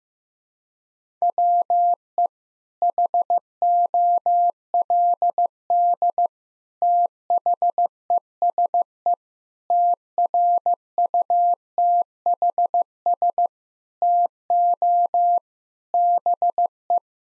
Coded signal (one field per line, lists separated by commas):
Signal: Morse code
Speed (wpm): 15 wpm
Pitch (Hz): 700 Hz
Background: none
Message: WE HOLD THESE TRUTHS TO BE